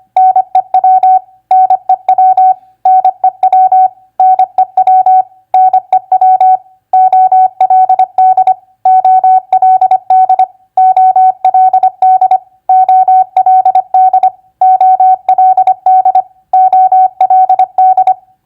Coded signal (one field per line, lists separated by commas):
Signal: Morse code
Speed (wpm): 25 wpm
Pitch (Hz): 750 Hz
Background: none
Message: NEW NEW NEW NEW NEW OLD OLD OLD OLD OLD OLD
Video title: Morse Code Practice WR2c Word Recognition NEW-OLD-NOW 25wpm